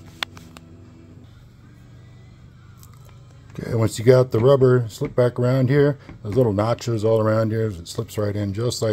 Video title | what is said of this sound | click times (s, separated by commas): Harley RG3 getting some upgrades..Making her mine! | You're Gonna Want This outer piece to click into place | 0.2 s